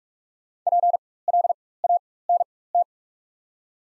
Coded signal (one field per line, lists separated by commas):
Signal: Morse code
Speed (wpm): 44 wpm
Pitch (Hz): 700 Hz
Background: none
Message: PLANT